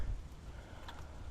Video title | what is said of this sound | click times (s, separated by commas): How to install a 240 AMP Alternator on your Mustang | pop that back in place till it clicks we heard it click | 0.9 s